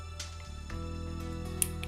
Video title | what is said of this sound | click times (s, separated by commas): Lingo - Cloud Hosted Phone Setup Tutorial | hear a click you've done it properly now | 1.6 s